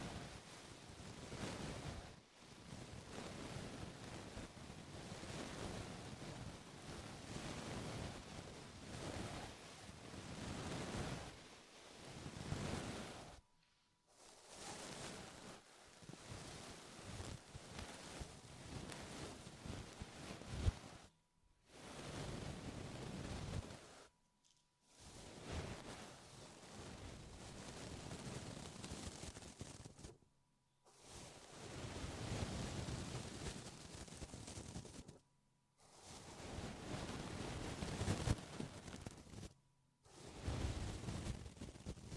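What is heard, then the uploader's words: A deep ear massage: thick, rushing rubbing that swells and fades in long waves, heavy in the low rumble, like wind or surf on the microphone. It stops dead into brief silences several times, near 2, 14, 21, 24, 30, 35 and 40 seconds. ASMR Sleep With Deep Ear Massage (No Talking).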